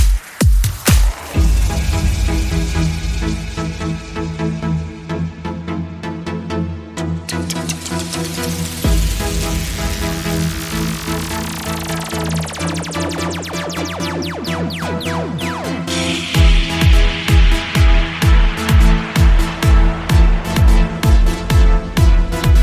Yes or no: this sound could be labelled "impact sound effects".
yes